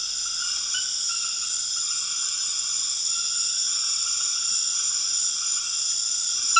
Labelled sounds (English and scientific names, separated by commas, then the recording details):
none
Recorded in dense forest near Puerto Asís, Putumayo, Colombia, on 4 March 2025 at 21:00
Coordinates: 0.481, -76.323
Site G088